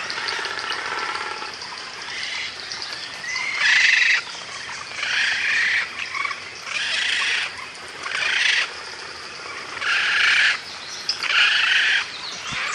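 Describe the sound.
Frigatebird calls as a series of rough, rasping bursts, each about a second long, repeated roughly every one to two seconds over a constant high hiss.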